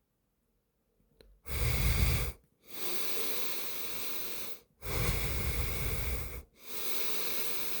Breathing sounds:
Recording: nose breathing near a microphone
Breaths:
0.91-2.31 s: exhalation
2.31-4.51 s: inhalation
4.51-6.41 s: exhalation
6.41-7.80 s: inhalation
From the record:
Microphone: phone

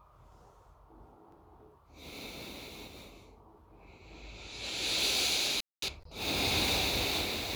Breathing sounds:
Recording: nose breathing near a microphone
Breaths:
1.62-3.46 s: exhalation
3.46-5.99 s: inhalation
5.99-7.56 s: exhalation
From the record:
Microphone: phone

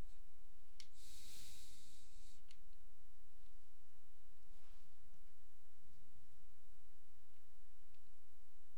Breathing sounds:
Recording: nose breathing near a microphone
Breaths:
0.73-2.43 s: exhalation
From the record:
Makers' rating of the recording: medium

